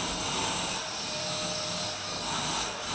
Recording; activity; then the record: daily activity, microphone in the room; vacuum cleaning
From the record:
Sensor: 2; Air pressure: 999.1 hPa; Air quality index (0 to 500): 202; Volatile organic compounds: 31 ppm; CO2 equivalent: 2983 ppm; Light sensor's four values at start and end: 6/14/5/6 and 6/14/6/6